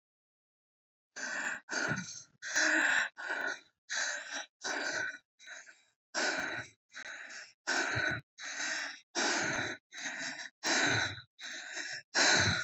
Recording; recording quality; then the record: shallow breathing; excellent, no background noise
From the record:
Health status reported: COVID-19 positive, no symptoms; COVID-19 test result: positive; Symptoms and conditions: none ticked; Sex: female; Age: 31 years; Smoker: not ticked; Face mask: not worn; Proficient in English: yes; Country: India